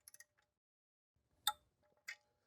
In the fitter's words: may not have been able to hear it but it it did click so we're at 20 foot pounds right there so we know where